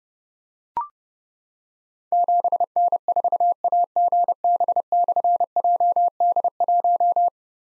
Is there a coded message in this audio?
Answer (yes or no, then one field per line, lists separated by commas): yes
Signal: Morse code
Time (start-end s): 2.1-7.3 s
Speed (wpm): 30 wpm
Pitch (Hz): 700 Hz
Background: none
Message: 7N4AGB/JD1